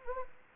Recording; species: mosquito wingbeat signal from an infrared sensor; Anopheles gambiae